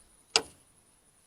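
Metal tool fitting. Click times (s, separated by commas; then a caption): 0.4 s. A handle, probably the jack handle, snaps snugly into the jack's socket while working with a jack under a Kawasaki Mule utility vehicle. A single sharp, loud snap at 0.4 s rings out briefly over quiet background with a faint steady high tone. The part is seated.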